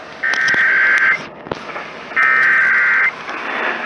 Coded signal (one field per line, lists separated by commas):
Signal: Emergency Alert System (SAME) tones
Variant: header bursts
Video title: THE FOLLOWING IS A TEST OF THE EAS... EAS Alerts from 8/5/2020-8/26/2020 (EAS #370-380)